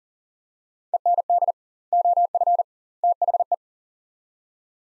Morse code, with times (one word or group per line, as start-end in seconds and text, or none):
0.9-1.5 END
1.9-2.6 OF
3.0-3.5 THE